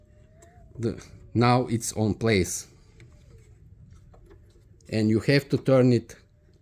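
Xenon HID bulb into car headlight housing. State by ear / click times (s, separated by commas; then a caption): not seated / none. A D2S xenon HID bulb is handled in the bayonet mount of a Mazda 6 headlight housing, about to be turned clockwise to lock in place. Someone talks over faint, brief ticks of handling. Nothing has seated or clicked yet.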